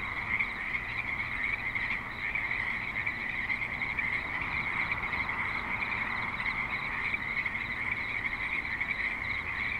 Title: Frogs in Spanish Springs, NV - creek view